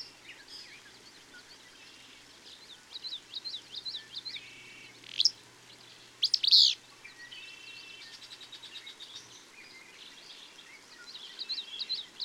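Bird song of repeated high chirping phrases, with a few loud sharp calls in the middle and softer twittering after.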